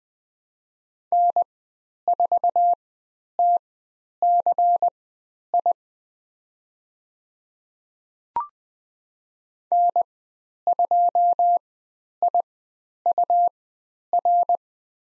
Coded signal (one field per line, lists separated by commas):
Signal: Morse code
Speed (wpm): 20 wpm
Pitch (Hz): 700 Hz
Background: none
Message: N4TCI N2IUR